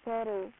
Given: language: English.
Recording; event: throat vibration sensor signal played as sound; speech